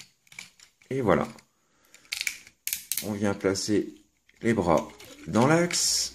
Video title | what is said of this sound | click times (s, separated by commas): Revue Transformers Generations IDW Roadbuster en Français. | vous avez un petit ergo juste ici le petit ergo vient se clipser juste là et | 0.4 s